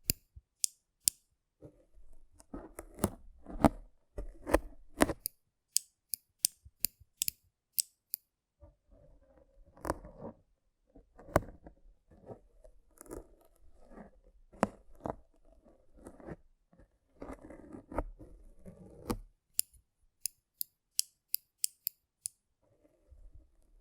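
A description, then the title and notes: Brain cleaning and picking, heard as a run of sharp clicks and snips spaced unevenly across the whole stretch, several in quick bursts. Between them come rough scraping and rustling, with a low thump under some strokes. ASMR Rough Brain Cleaning and Picking (No Talking).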